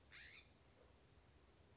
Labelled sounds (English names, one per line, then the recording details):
California Scrub-Jay
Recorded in Sonoma County, California